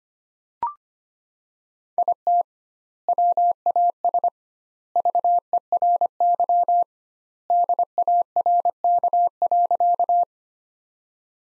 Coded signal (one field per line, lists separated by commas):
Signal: Morse code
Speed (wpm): 25 wpm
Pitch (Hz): 700 Hz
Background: none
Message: IT WAS VERY DARK.